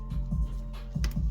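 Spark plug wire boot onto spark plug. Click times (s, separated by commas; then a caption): 1.0 s. A spark plug wire boot is pushed onto a spark plug during a tune-up on a 2007–2015 Chevy Tahoe 5.3L, over steady background music. A sharp click at 1.0 s, followed by a softer tick just after, shows the boot has seated on the plug.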